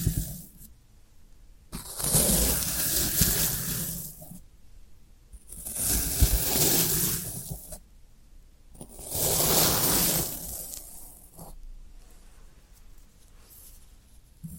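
Floral foam is worked in three long, loud bursts of crunchy, hissing scraping, each lasting about two seconds, spaced a couple of seconds apart. Between bursts there are quiet pauses with faint crackles and small taps.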